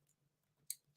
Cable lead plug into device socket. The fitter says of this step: they uh they click into place